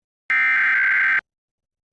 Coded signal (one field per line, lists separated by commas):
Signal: Emergency Alert System (SAME) tones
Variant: header bursts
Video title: Florida Required Monthly EAS Test on WDMC-LD 25.1 | EAS #458 (1/17/2025)